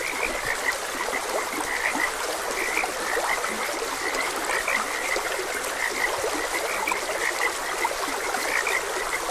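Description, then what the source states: Frog chorus of quick, overlapping croaks over a continuous hiss of moving water. Frogs croaking beside a gentle stream.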